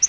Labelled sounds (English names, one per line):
Yellow-rumped Warbler flight call